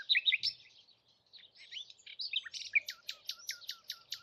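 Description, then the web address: Bird song of varied chirps and warbles that turns into a series of evenly spaced, sharp downslurred notes. "cianscape birddata Deverinetal 2025 Bird Only"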